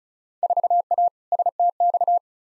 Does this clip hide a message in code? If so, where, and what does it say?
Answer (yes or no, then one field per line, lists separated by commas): yes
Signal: Morse code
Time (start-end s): 0.4-2.2 s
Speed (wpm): 36 wpm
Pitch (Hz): 700 Hz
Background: none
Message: 4A STX